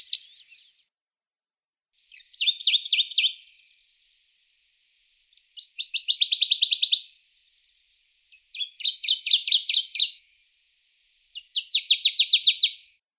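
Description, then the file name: Dusky warbler song: the tail of one phrase, then four clear phrases of fast, evenly repeated high notes, each trill lasting one to two seconds and starting about three seconds apart, otherwise quiet. "Penochka buraja"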